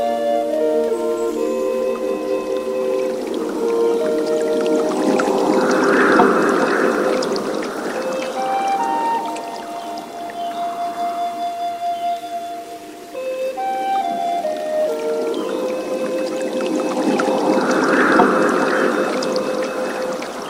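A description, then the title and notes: Soft flute melodies drift over a wash of running water, the long held notes sliding slowly between pitches. Gentle swells rise around six and eighteen seconds, with a brief dip near twelve, while the watery trickle stays steady underneath throughout. Relaxing Zen Music and Nature Sounds - Wooden Flute and Pan Flute. Waterfall sounds.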